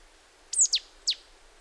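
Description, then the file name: Marsh Tit call: a quick pair of high, sharply down-slurred notes followed by a third similar note a moment later, against faint background hiss. "Poecile palustris"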